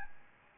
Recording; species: mosquito wingbeat signal from an infrared sensor; Aedes albopictus